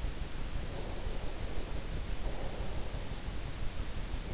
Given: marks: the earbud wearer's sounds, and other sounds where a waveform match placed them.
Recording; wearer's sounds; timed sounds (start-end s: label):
sounds in sleep by an in-ear microphone; breath
0.42-3.45 s: breath